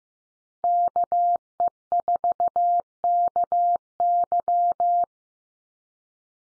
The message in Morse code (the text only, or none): KE4KY